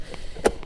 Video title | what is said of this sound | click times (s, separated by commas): New Equipment Tutorials Fall 2023 | and I can actually pull it up and lock it in I'll hear that click when it's locked in | 0.5 s